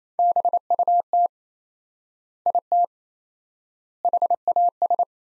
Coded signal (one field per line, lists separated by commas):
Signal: Morse code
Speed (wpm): 28 wpm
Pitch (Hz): 700 Hz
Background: none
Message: BUT IT HAS